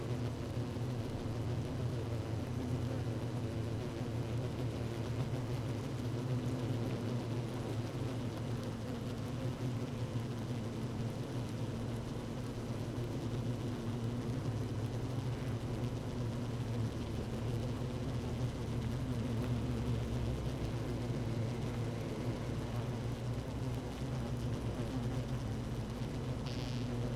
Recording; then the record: honeybee colony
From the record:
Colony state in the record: active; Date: 12 June 2018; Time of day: 16:50